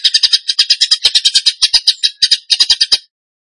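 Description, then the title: Bird calls: a harsh, squawky run of rapid, grating notes lasting about three seconds, then silence. Training material for songbirds, in the rapid 'tembakan gacor' singing style. "Masteran Burung Tembakan Gacor"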